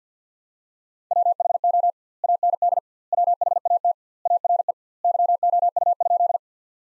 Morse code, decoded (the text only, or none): WHO AND WHAT ARE YOU?